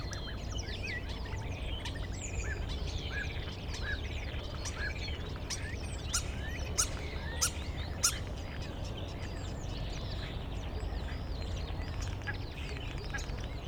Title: Goworów 6, 57-515, Poland - Starlings mimicking other species